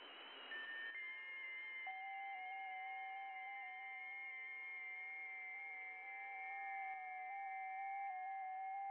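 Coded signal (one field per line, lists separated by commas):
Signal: FT8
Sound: several overlapping soft pure tones, each warbling in small slow pitch steps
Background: radio static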